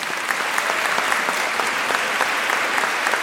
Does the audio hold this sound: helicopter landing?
no